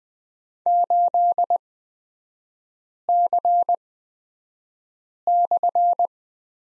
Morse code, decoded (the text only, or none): 8C/